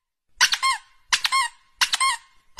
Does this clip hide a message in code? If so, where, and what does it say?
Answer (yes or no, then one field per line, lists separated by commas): no